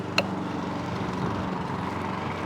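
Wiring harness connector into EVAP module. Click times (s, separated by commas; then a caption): 0.2 s. A plastic wiring harness electrical connector is plugged back onto the EVAP module during a repair for a P0456 code. A single sharp click at 0.2 s stands out over a steady low hum. The connector seats fully in place.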